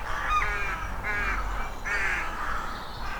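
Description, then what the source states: Rooks cawing: four grating, hoarse calls in succession, with steady low background noise. Rookery of about 20-30 nests beside the Newry Canal, Armagh, Northern Ireland, in spring; birds guarding nests; breeding starts early, in February; typical farmland sound.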